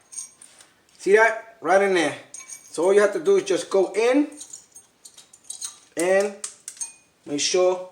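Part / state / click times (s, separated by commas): brake pad abutment clip into caliper bracket / not seated / none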